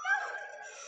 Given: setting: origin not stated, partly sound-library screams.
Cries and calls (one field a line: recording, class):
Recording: one-second piece from a danger detection set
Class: woman in danger